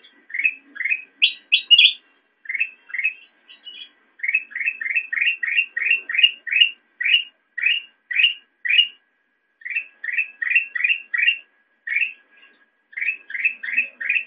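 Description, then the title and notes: Sooty-headed bulbul calls: rapid series of short chirpy notes, many rising, repeated in quick bursts with brief pauses, some higher sharper notes mixed in. Used for training songbirds (masteran). "suara burung kutilang buat masteran"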